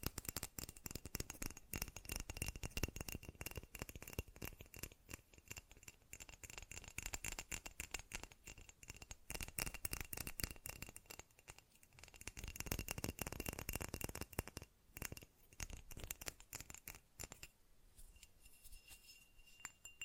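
Fast tapping runs in dense, uneven bursts, each tap a quick dry click with a slight glassy rattle. The pace stays busy most of the time, thinning and quieting around twelve and again after seventeen seconds, when a faint steady high tone shows through.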